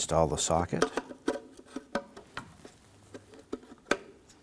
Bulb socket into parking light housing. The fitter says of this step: rotate that in and lock it into place